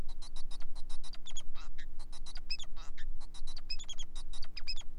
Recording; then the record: song of a male Bengalese finch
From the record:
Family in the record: son of father 4